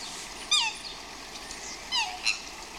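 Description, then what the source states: Swan squawks: three short nasal calls, first a single falling note, then a quick pair about a second and a half later, over constant running water. Swans squawking outdoors, with a brook in the background.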